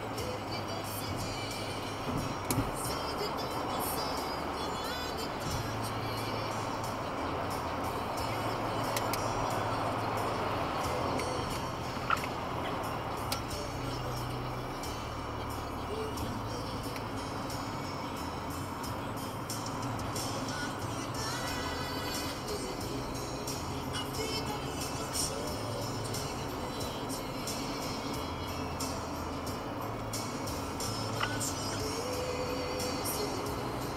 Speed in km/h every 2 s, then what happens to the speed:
129, 131, 134, 136, 134, 127, 113, 99, 99, 97, 96, 97, 99, 100, 101, 102, 103.
0-7 speeds up to 136. 7-15 brakes to 99. 15-34 steady at about 99.